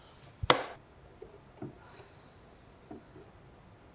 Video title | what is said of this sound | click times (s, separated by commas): Unboxing the VX2416 24" Gaming Monitor | It will click into place. | 0.5 s